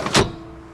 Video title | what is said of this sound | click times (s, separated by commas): 2013 Volvo XC90 T5 AWD Executive Start-Up, Full Vehicle Tour, Test Drive, and Night Start-Up | until it locks in place | 0.1 s